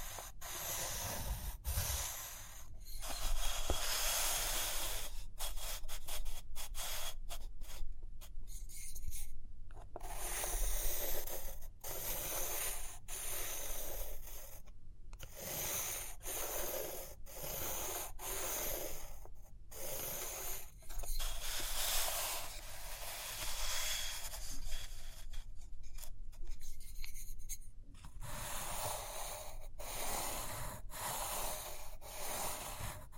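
Pages turn and a pen scratches and rubs in steady, dense strokes, broken by frequent short taps and brief pauses throughout.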